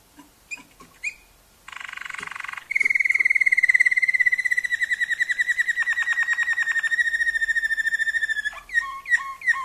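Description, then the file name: Waterslager canary: scattered chirps, a buzzy burst, a long rolling trill with a dense buzzy section, then short whistled notes. Song variations of a Waterslager canary. "kenari waterslager variasi omkicau"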